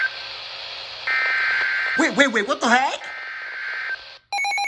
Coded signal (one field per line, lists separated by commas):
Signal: Emergency Alert System (SAME) tones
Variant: header bursts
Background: speech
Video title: MAY’S MYRIAD MADNESS… | EAS Alerts from 5/10 - 5/24/23 (EAS #975 - 1004)